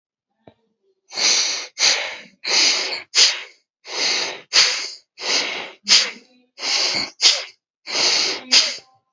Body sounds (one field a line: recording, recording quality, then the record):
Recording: shallow breathing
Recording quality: excellent, no background noise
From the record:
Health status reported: respiratory illness, not identified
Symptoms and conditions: asthma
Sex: male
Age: 48 years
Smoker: not ticked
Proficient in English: yes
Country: India